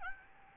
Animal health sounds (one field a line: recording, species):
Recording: mosquito wingbeat signal from an infrared sensor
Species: Aedes albopictus